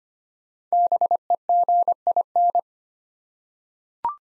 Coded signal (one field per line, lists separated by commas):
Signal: Morse code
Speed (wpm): 25 wpm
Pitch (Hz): 700 Hz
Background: none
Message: BEGIN